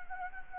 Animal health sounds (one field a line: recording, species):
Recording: mosquito wingbeat signal from an infrared sensor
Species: Anopheles gambiae